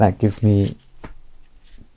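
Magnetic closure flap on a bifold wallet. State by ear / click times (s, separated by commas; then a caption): seated / 1.0 s. A magnetic closure flap on a fabric bifold wallet snaps shut while someone talks. The snap is a single sharp click at 1.0 s, and the flap is seated closed.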